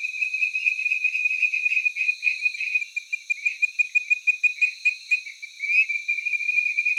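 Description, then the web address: Tree frog calls, continuous high-pitched chirping notes repeated rapidly throughout. Taiwan. "Tree frog of Taiwan"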